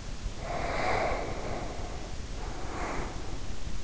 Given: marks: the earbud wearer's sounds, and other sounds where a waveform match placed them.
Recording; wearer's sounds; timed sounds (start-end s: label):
sounds in sleep by an in-ear microphone; breath
0.31-3.69 s: breath